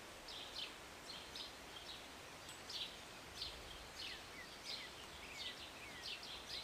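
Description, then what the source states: Bird chirps, quick high notes with short falling whistles mixed in, repeated over a steady rain hiss. Birds singing and chirping on a rainy Sunday morning, heard from a city balcony; short rain.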